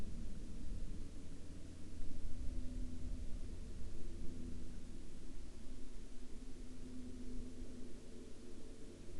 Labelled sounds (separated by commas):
aircraft